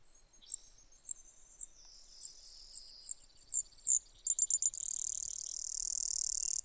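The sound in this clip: Brewer's sparrow song: spaced thin high notes, a brief stutter of quicker notes, then a long, high, buzzy trill to the end.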